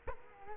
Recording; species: mosquito wingbeat signal from an infrared sensor; Culex quinquefasciatus